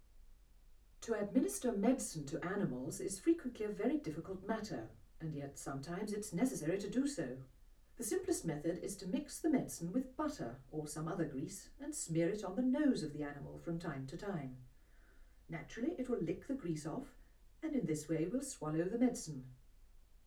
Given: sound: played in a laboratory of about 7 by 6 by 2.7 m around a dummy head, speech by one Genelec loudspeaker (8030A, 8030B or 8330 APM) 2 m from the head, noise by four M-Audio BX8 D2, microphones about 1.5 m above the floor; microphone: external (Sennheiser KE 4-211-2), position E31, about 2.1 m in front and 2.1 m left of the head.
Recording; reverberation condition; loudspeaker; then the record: female speech in English; low; 120 degrees to the right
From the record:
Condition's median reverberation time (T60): about 310 ms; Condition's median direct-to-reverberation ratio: about 3.5 dB